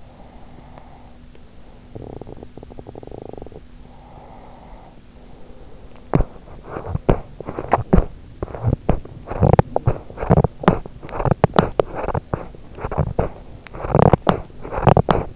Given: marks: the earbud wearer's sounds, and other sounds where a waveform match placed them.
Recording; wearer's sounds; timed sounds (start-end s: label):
sounds in sleep by an in-ear microphone; breath, teeth grinding
0.00-1.87 s: breath
1.87-3.71 s: teeth grinding
3.81-6.10 s: breath
6.10-15.36 s: teeth grinding